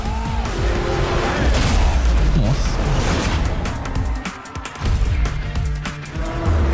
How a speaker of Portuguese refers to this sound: Esse é o trailer do Need for Speed Underground 2. Jogos que marcaram nossa adolescência. Melhor jogo de carro que já existiu esse aí.